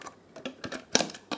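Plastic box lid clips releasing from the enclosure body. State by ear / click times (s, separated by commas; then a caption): released / 1.0 s. Someone pries open the clipped plastic enclosure of a PM2.5/PM10 sensor with an improvised tool instead of a screwdriver. Small clicks and scrapes at 0.5 s and 0.6 s lead to a sharp snap at 0.9 s as the lid clips release. A few lighter clicks follow, and the box is open.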